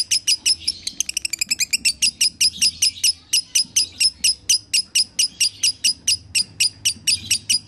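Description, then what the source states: Lovebird gives a few chirps and a quick stuttered trill, then a long run of loud, shrill chirps at a steady fast pace. Masteran (training) track of lovebird in the konslet singing style.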